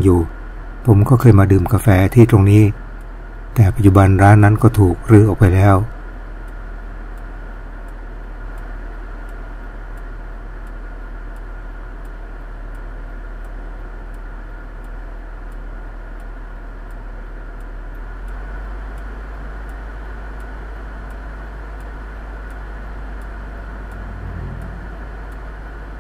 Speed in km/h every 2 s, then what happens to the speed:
0, 0, 0, 0, 0, 0, 0, 0, 0, 0, 0, 0, 0.
0-26 standing.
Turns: none.